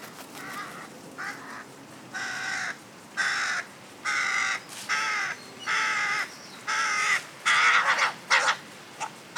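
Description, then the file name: Carrion crow giving a series of harsh, raspy caws, roughly one a second, growing louder toward the end. "Corvus corone"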